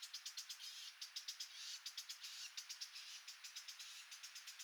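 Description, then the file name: Eurasian blackcap calling with hard clicking tacks, repeated rapidly in short runs with brief pauses, against a constant high background hiss. "Sylvia atricapilla"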